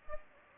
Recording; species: mosquito wingbeat signal from an infrared sensor; Anopheles gambiae